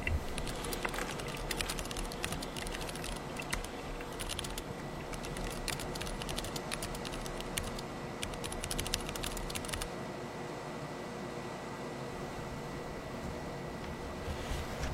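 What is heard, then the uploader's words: Rapid keyboard typing clicks away over a steady low hum of room noise, with a faint constant whine running through. The keystrokes are dense and quick for the first ten seconds, then thin out to scattered taps while the background hum continues evenly. Typing, handwriting, flipping through.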